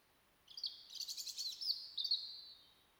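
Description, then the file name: European robin song: a high, thin phrase of rapid twittering notes and trills sliding between pitches, lasting about two seconds, over a quiet background. "Erithacus rubecula"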